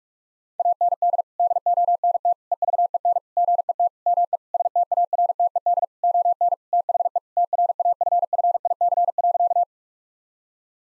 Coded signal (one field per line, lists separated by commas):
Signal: Morse code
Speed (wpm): 41 wpm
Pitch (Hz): 700 Hz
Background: none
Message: AND DONT EVEN GET ME STARTED ON THE TRAFFIC.